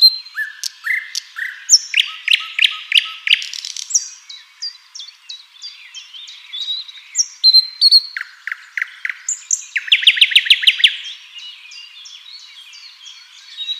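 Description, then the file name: Common nightingale singing rich varied phrases: whistles, rapid series of repeated notes, and a fast high rattle later in the song. "Luscinia megarhynchos"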